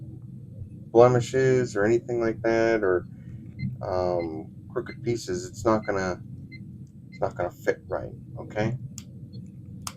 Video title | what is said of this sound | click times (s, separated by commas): Build the Ghostbusters ecto-1. Issue 15 by eaglemoss/fanhome. | so you're going to hear all that snapping and popping and stuff | 9.0 s, 9.9 s